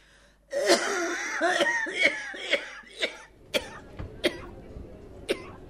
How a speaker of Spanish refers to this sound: Entonces me acerco al escritorio y como no me salían las palabras de la calentura que tenía, empiezo a toser.